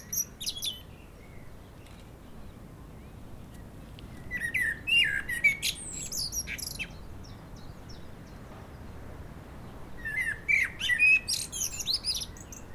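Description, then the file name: Common blackbird song: a brief high twitter, a pause, then two phrases, each opening with fluted whistles and ending in a squeaky high twitter, with a quiet pause between them. "Turdus merula"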